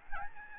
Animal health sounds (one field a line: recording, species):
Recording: mosquito wingbeat signal from an infrared sensor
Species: Aedes albopictus